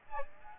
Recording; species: mosquito wingbeat signal from an infrared sensor; Aedes aegypti